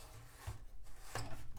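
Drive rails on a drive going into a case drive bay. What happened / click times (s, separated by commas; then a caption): The drive is being handled and has not yet latched home / none. A drive fitted with plastic drive rails is handled and pushed again toward a case drive bay, producing soft scraping and rubbing with a couple of brief knocks near 1.2 and 1.6 seconds. The drive is not yet home: nothing has seated or clicked yet.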